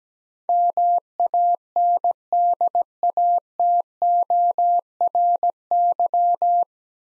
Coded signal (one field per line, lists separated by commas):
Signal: Morse code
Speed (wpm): 17 wpm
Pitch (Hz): 700 Hz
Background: none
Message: MANDATORY